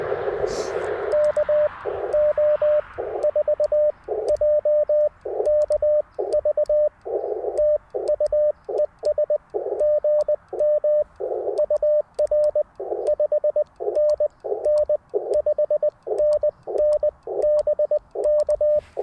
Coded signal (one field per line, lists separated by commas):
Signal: Morse code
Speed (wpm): 19 wpm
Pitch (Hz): 590 Hz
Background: radio noise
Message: KO4JKV TU ES GM UR 5NN 5NN BK